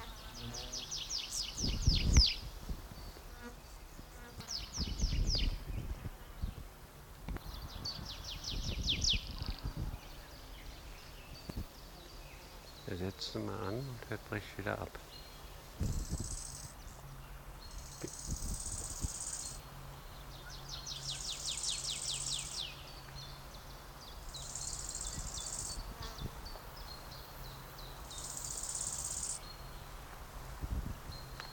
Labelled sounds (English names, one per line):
Tree Pipit